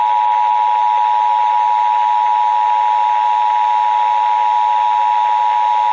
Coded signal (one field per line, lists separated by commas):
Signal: Emergency Alert System (SAME) tones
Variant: 853 and 960 Hz attention tone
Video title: I LEFT IT AT HOME... EAS Tests from May, 2021 (EAS #5,763 - 5,774)